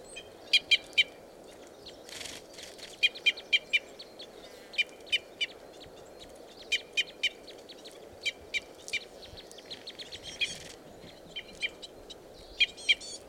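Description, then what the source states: Red crossbill calls: short, sharp, dry chip notes given singly and in quick pairs or triplets throughout, over a steady low background hiss. Call type E.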